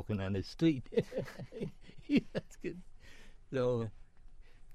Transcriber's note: laughs